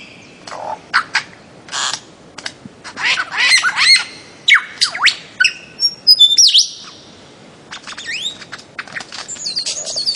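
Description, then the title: Bird-of-paradise song made of irregular chirps and sweeping notes, with a busier middle stretch of mixed whistles and upward slides. Master song for training songbirds. "Kicau Master Cendrawasih"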